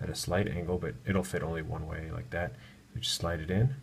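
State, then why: Not seated. A metal strap adapter is slid at a slight angle into the band slot of an Apple Watch case while someone talks throughout. No snap or click is heard, and the adapter has not seated or locked into place yet.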